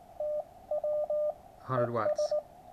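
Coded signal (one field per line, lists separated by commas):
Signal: Morse code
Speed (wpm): 18 wpm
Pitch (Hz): 600 Hz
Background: speech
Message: TW ES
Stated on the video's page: Morse from a QRP Labs QCX kit transceiver on 80m, outputting a few watts.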